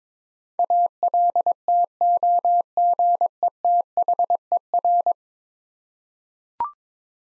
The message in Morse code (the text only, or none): ALTOGETHER